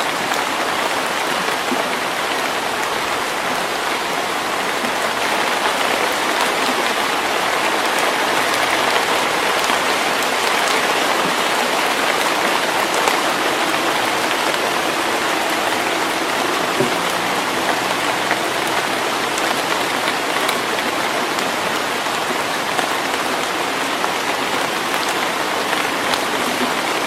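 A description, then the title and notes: Steady rain falls in a forest, a dense, even hiss of countless drops with a bright, crackling texture as they strike leaves and ground. The level holds constant throughout, and a faint low rumble drifts in the background around the middle. Rainy days in the forest in early summer.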